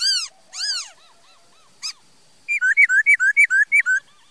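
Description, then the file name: Laughingthrush song: a few ringing arched calls and soft notes, then a quick, regular run of alternating high and low whistles. "Tieng khuou hot"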